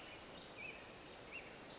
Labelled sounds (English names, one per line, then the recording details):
Western Flycatcher
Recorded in Sonoma County, California